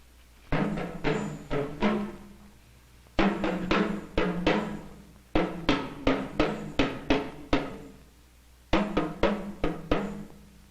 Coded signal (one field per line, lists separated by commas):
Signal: talking drum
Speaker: well what the drum was saying there was in english the robbers problem or the thief's problem is not how to steal the chief's trumpet but where to blow it